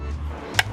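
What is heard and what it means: A torque screwdriver set to 3 Nm tightens a terminal screw on an EV charger until its clutch slips with a sharp click at 0.6 s, showing the screw is tight. Low background music plays throughout.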